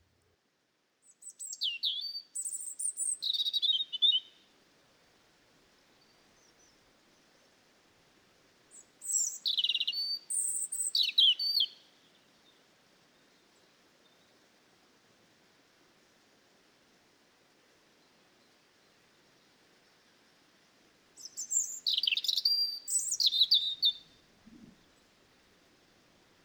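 A robin sings three short phrases of high, thin, rapidly twisting notes, near the start, around ten seconds and past twenty seconds. Long quiet gaps separate each phrase, and a faint low thud sounds just after the last one.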